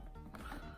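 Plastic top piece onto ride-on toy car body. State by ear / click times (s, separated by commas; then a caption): not seated / none. A plastic top body piece is bent slightly and slid toward its notches on a First Drive ride-on BMW 4-Series single-seat toy car body, with a short handling knock at 0.4 s. Nothing has seated or clicked yet.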